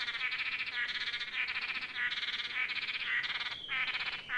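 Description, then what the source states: Blue-backed manakins giving buzzy, nasal calls that overlap continuously, several birds calling at once in a dense, steady chorus with only brief dips. Several birds calling together.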